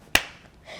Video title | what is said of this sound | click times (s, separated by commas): Standing Tall Charlie | then boom it's locked in you could take your hand off | 0.1 s